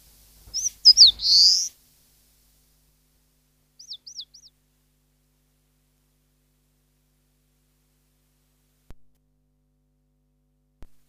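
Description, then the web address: Eastern crowned warbler gives one song of slurred notes and a rasping buzz, then three faint, thin swooping notes before near silence. "cats sikioto birds sendaimushikui"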